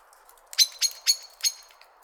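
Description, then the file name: Common blackbird four quick, hard metallic chinks with a ringing tone, evenly spaced within about one second. "Turdus merula"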